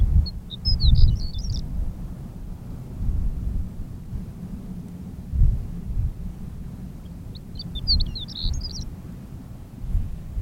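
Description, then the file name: Horned lark song: two short bursts of high, tinkling, jumbled notes about seven seconds apart, over a steady low rumble. "Berglarka"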